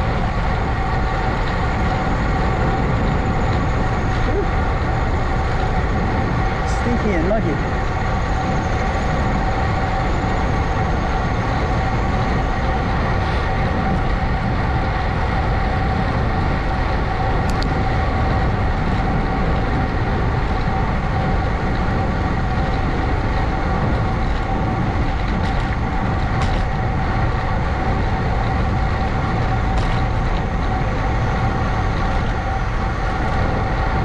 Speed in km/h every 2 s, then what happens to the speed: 31, 31, 31, 29, 31, 31, 31, 31, 29, 29, 27, 27, 29, 29, 29, 29, 29.
0-34 steady at about 29.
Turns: none.